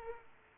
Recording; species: mosquito wingbeat signal from an infrared sensor; Aedes aegypti